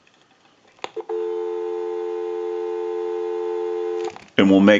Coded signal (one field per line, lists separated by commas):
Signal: telephone call progress tone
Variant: North America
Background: speech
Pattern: dial tone